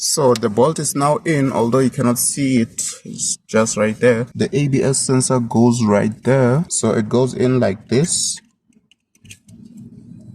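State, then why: Not seated. Someone talks for about eight seconds while fitting the ABS wheel speed sensor of a VW Passat B7 into its bore in the front wheel hub during a front shock replacement. After the talking, a few faint ticks and light handling noises follow. The sensor goes in without a click, so nothing has clicked yet.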